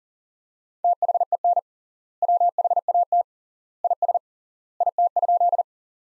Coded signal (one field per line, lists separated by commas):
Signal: Morse code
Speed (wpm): 40 wpm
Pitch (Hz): 700 Hz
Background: none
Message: THEN WHAT IS IT?